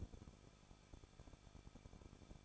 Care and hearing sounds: daily activity, microphone in the room; no activity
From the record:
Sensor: 5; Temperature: 20.8 degrees Celsius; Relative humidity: 38.4%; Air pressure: 1006.4 hPa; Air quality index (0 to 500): 189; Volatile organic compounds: 19 ppm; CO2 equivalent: 2668 ppm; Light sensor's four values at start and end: 2/3/1/1 and 2/3/1/1

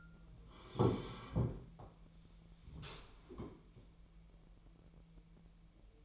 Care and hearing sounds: daily activity, microphone in the room; sit down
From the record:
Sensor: 1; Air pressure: 1001.5 hPa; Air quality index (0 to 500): 249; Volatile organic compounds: 124 ppm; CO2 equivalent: 3896 ppm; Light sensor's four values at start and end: 14/33/14/15 and 14/33/14/15

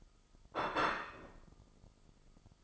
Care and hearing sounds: daily activity, microphone in the room; place plate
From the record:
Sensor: 5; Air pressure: 995.3 hPa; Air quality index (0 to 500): 88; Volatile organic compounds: 4 ppm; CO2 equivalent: 1633 ppm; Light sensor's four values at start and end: 24/58/22/21 and 24/58/22/21

